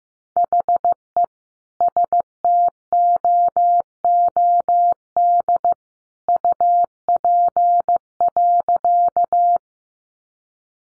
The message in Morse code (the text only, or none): HE STOOD UP.